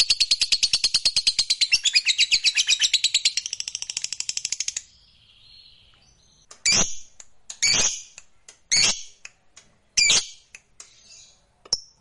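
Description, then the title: Lovebird song: several seconds of rapid, shrill chattering, then a pause and a series of separate harsh squawks. Fighter lovebird singing energetically (gacor). "Berkat SUARA Lovebird FIGHTER GACOR Ini"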